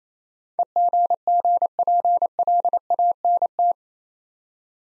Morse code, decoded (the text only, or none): EGGPLANT